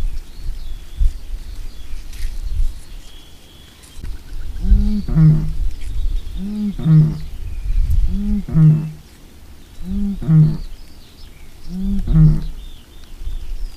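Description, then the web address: Eurasian bittern giving deep booming calls: a stretch of low noise with faint high bird calls, then five low resonant booms, each preceded by a brief grunting intake, spaced roughly two seconds apart. "agykontroll Madardalok Cd 3. Bölömbika"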